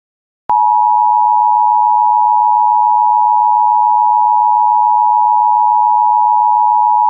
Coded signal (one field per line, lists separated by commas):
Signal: Emergency Alert System (SAME) tones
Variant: 853 and 960 Hz attention tone